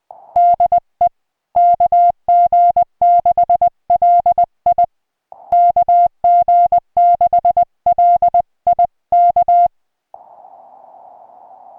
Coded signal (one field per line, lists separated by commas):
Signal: Morse code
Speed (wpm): 20 wpm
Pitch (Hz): 700 Hz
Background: music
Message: DE KG6LI KG6LI K